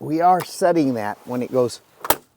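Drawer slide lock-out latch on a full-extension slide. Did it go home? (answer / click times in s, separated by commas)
yes / 2.0 s, 2.1 s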